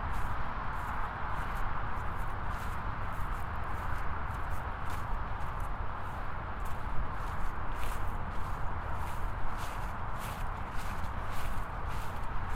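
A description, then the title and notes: Footsteps along a city street in Corona, heard as a steady, dense wash of low rumble and hiss that barely changes in level. Short bright ticks and scuffs stand out irregularly, a few each second, most clearly from about seven to twelve seconds. Binaural field recording.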